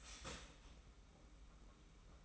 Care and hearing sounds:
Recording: daily activity, microphone in the room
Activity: start toaster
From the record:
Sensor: 1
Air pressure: 991.7 hPa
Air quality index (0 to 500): 171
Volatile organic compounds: 1000 ppm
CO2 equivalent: 6463 ppm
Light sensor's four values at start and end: 32/108/42/43 and 32/108/42/43

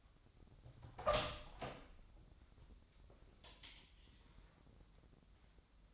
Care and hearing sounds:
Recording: daily activity, microphone in the room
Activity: open door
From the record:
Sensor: 3

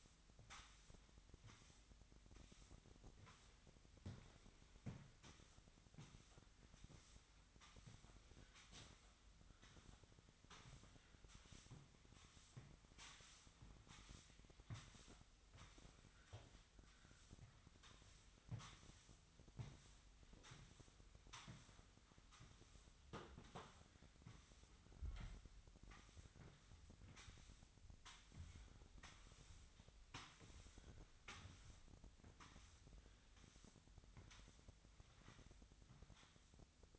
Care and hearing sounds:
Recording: daily activity, microphone in the room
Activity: sweep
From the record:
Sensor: 3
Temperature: 25.2 degrees Celsius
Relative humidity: 38.4%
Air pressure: 1001.6 hPa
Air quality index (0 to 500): 224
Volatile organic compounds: 31 ppm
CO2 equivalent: 2978 ppm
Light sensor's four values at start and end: 11/35/15/13 and 11/35/15/12

